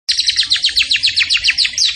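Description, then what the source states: White-rumped shama song: a quick series of sharp downslurred notes, evenly repeated over two seconds. Masteran song-training recording for songbirds, featuring a champion bird.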